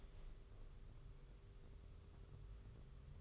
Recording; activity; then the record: daily activity, microphone in the room; open window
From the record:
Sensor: 4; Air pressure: 991.2 hPa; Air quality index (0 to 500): 153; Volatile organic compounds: 103 ppm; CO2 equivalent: 3776 ppm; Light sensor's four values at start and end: 6/14/5/6 and 6/14/5/6